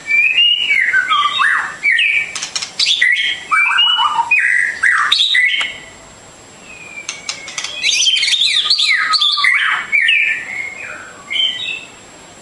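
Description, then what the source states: Bird song with dense chattering and whistled phrases, a brief lull midway, then another energetic burst of varied notes. Complete masteran birdsong for training.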